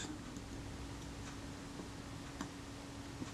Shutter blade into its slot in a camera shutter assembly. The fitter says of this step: that's just popped into place